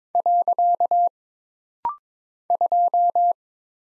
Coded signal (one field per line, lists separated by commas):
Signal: Morse code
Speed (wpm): 22 wpm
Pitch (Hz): 700 Hz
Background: none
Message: . 2